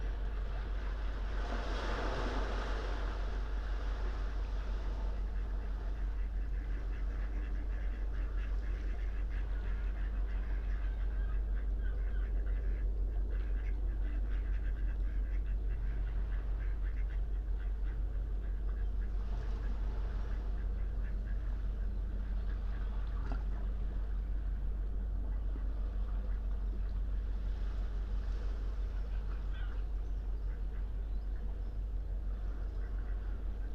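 Calm morning sea at the water's edge, a steady low hum underneath, soft lapping texture, and a brighter burst near the start.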